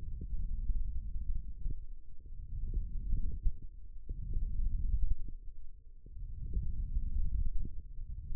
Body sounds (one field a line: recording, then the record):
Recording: forearm muscle sounds (acoustic myography)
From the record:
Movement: hook grip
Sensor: system 1, eight BSWA MPA416 microphones around the upper forearm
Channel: 7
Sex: male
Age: 18 years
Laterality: right